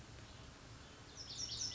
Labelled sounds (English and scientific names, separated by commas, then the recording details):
Pacific Wren (Troglodytes pacificus)
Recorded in Sonoma County, California